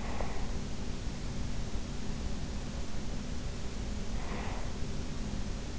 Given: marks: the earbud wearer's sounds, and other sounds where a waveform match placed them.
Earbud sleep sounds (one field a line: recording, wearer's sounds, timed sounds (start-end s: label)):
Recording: sounds in sleep by an in-ear microphone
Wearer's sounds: breath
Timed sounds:
0.00-0.40 s: breath
4.23-4.77 s: breath